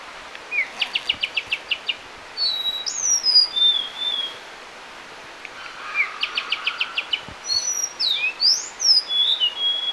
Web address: Nilgiri Blue Robin Sholicola major. nilgiri blue robin call